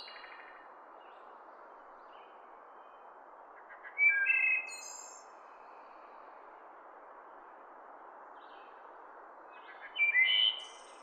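Wood thrush singing two separate flute-like phrases about six seconds apart, each ending in a buzzy high trill, with faint soft notes between and constant background hiss.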